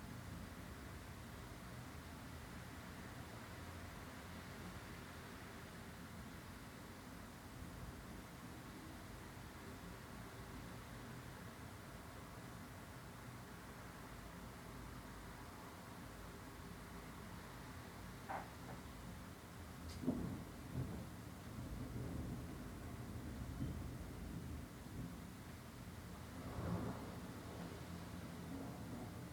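Thunder and rain over Tulse Hill, London: a steady low rumble and hiss of rain holds throughout, dense and unbroken. Around twenty seconds in, a sharper crack and a few louder thumps break through, with another swell near twenty-seven seconds.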